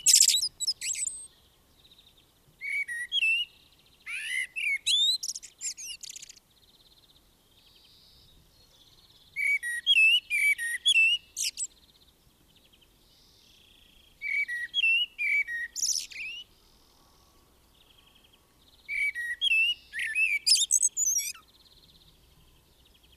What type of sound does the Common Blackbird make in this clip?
song